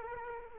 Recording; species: mosquito wingbeat signal from an infrared sensor; Culex quinquefasciatus